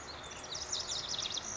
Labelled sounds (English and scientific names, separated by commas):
Lazuli Bunting (Passerina amoena)